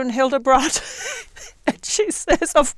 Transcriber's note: she is laughing